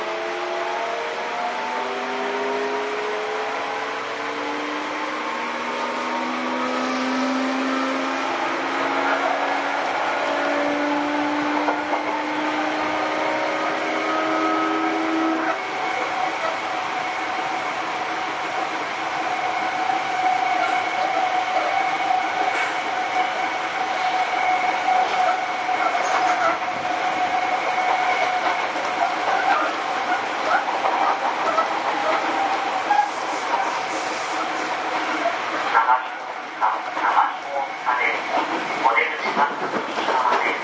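A Sotetsu New 7000 series train runs between Ebina and Yokohama, its motor whine climbing in rising, layered tones through the first fifteen seconds, then settling into a steady hum. Rumbling wheel noise continues throughout, with rattling clatter growing rougher near the end.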